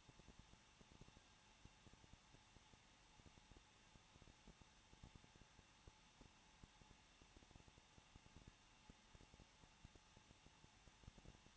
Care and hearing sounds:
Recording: daily activity, microphone in the room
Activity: no activity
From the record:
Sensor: 1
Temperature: 20.1 degrees Celsius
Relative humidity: 39.3%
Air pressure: 1006.3 hPa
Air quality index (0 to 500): 218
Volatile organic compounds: 80 ppm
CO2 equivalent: 3603 ppm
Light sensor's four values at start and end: 1/2/1/1 and 1/2/1/1

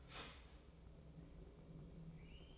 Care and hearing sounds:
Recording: daily activity, microphone in the room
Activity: start toaster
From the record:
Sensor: 1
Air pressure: 1007.1 hPa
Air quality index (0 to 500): 73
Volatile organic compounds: 1 ppm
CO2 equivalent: 652 ppm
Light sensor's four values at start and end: 8/19/7/8 and 8/19/7/8

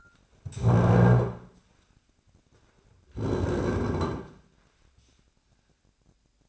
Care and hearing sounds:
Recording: daily activity, microphone in the room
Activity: stand up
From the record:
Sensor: 2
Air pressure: 1009.2 hPa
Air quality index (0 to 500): 169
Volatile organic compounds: 2 ppm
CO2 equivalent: 1236 ppm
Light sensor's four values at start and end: 39/105/44/49 and 41/110/46/51

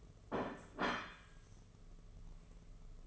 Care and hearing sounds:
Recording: daily activity, microphone in the room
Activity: place plate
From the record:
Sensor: 4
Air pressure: 1015.9 hPa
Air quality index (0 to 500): 208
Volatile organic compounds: 13 ppm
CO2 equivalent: 2401 ppm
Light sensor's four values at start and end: 17/39/16/17 and 17/39/16/17

